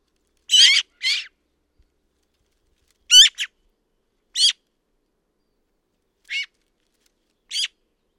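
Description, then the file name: Eurasian magpie giving harsh, rasping chattering calls, a double burst at the start followed by single scratchy notes spaced a second or more apart. "Pica pica"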